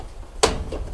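An old plastic piece at the top of a Kenmore Series 70 clothes dryer cabinet is worked back into position. It pops into place with a single sharp, loud snap at 0.4 s, followed by a brief, fainter rattle, and the part is seated.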